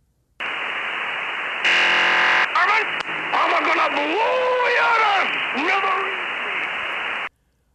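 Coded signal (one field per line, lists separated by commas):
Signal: unidentified radio signal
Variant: Yosemite Sam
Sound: hiss, then a short harsh digital burst, then a cartoon voice line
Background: radio static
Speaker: Sam transmits an 800 milliseconds data burst followed by a line from a 1949 Bugs Bunny cartoon on a number of different frequencies every 40 seconds the broadcast moves to the next frequency and repeats here's a sample transmission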